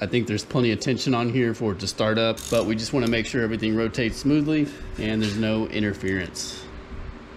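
Someone talks while a K24 engine is rotated slowly by hand to make sure everything turns smoothly with no valve interference, with the metal timing chain tensioner ratchet sitting on the timing chain. Nothing has clicked or seated yet; the tensioner ratchet has not advanced its notch by the end.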